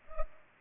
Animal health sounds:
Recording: mosquito wingbeat signal from an infrared sensor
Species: Culex pipiens

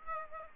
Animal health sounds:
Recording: mosquito wingbeat signal from an infrared sensor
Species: Aedes aegypti

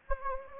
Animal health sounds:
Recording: mosquito wingbeat signal from an infrared sensor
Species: Anopheles gambiae

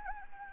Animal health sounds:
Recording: mosquito wingbeat signal from an infrared sensor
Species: Anopheles gambiae

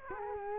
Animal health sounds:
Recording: mosquito wingbeat signal from an infrared sensor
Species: Culex quinquefasciatus

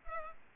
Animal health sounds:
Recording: mosquito wingbeat signal from an infrared sensor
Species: Culex pipiens

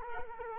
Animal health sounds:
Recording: mosquito wingbeat signal from an infrared sensor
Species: Culex quinquefasciatus

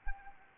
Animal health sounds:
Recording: mosquito wingbeat signal from an infrared sensor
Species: Anopheles arabiensis

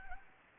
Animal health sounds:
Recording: mosquito wingbeat signal from an infrared sensor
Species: Anopheles gambiae

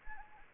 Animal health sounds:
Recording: mosquito wingbeat signal from an infrared sensor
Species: Anopheles arabiensis

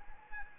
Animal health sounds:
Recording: mosquito wingbeat signal from an infrared sensor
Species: Anopheles arabiensis

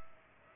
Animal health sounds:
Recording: mosquito wingbeat signal from an infrared sensor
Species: Aedes aegypti

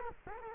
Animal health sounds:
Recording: mosquito wingbeat signal from an infrared sensor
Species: Culex quinquefasciatus

